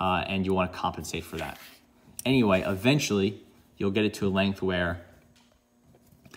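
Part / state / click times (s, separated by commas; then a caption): ballpoint refill in a retractable pen click mechanism / seated / 6.3 s. A man talks while trimming the eraser spacer behind a swapped ballpoint refill in a retractable pen, then presses the pen's click button. Two short, quiet clicks come at 6.3 s and 6.3 s as the mechanism latches the refill out, so the refill is seated.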